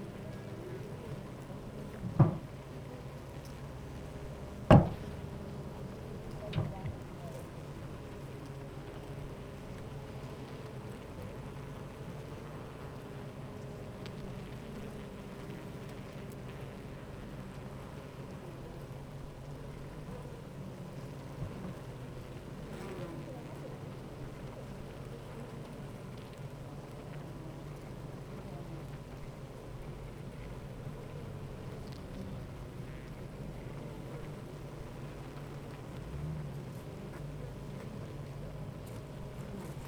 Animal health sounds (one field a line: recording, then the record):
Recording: honeybee colony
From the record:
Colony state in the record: active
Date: 28 July 2017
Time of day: 8:28